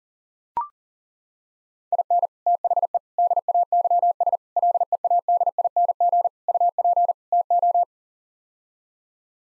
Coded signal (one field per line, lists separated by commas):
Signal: Morse code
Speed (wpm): 37 wpm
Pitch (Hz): 700 Hz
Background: none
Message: IN THE DAYS LEADING UP TO